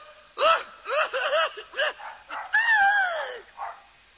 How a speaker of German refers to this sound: Ein Hund, das ist ja der Hund von der Frau Rein. Meister Eder hat gesagt, der Kater ist so groß wie dieser Hund.